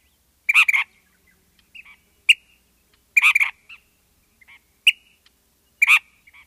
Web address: Ash-throated Flycatcher